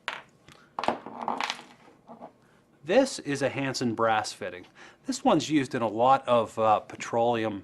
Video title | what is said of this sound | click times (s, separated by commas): Airline System | and it snaps into place | 0.1 s